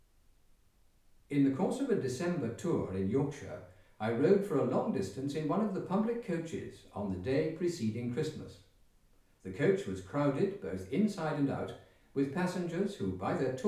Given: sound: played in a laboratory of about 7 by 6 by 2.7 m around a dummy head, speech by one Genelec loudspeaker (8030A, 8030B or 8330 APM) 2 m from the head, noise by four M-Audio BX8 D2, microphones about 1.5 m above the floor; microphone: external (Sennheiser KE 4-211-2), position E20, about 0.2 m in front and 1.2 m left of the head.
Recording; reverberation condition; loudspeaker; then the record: male speech in English; medium; behind (180 degrees)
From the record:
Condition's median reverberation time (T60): about 510 ms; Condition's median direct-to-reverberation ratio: about -0.5 dB